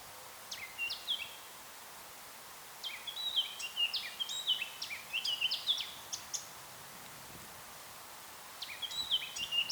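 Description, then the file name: Eurasian blackcap with a brief opening phrase, then a longer chattering warble of varied high notes, and a final short burst after a pause. "Sylvia atricapilla"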